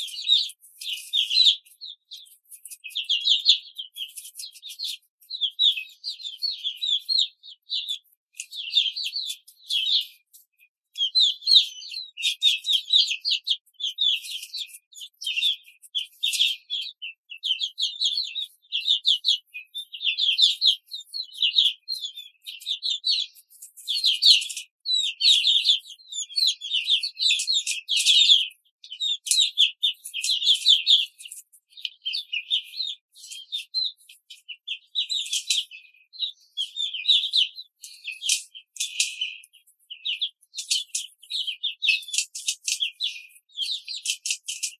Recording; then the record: young laying hens in a cage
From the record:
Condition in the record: control cage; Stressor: none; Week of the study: 5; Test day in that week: 1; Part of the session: 3